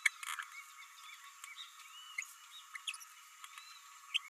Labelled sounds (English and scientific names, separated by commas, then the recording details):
Green-rumped Parrotlet (Forpus passerinus) babbling
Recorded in a nest box in Venezuela
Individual 18B104A3